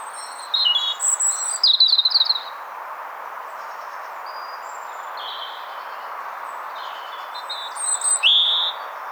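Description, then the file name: European robin delivering a rich twittering phrase, then a long pause with only faint notes, before another high warbled phrase; soft steady hiss throughout. "Erithacus rubecula"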